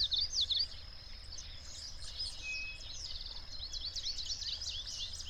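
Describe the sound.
Birds singing, a loud burst of sharp high notes opening, then a lively mix of chirps and twitters over a constant high-pitched drone.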